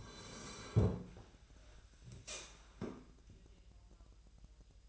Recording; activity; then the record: daily activity, microphone in the room; sit down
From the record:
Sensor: 2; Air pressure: 1001.8 hPa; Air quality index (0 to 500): 241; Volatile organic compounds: 74 ppm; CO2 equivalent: 3558 ppm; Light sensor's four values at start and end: 7/18/7/8 and 9/21/8/9